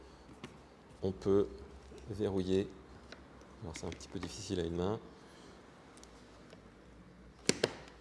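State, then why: Seated. A side case latch on the luggage mount of a 2019 BMW F850GS motorcycle is closed by pressing its two red levers together at the same time while someone talks. Two sharp, loud clicks ring out at 7.5 s and 7.6 s as the levers snap shut. With the lever not sticking out, the case is properly locked.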